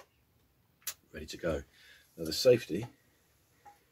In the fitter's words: also covers up the workings as well. Clicks into place, ready